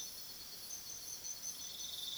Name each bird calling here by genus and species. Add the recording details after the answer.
none. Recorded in pastures near Puerto Asís, Putumayo, Colombia, on 19 February 2024 at 03:00. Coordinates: 0.497, -76.327. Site G7276